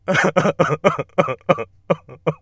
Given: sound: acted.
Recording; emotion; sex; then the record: nonverbal affect burst; sadness; male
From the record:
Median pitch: 159 Hz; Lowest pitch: 84 Hz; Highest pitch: 211 Hz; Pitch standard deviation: 25 Hz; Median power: 58.3 dB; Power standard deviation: 17.2 dB